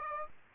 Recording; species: mosquito wingbeat signal from an infrared sensor; Aedes aegypti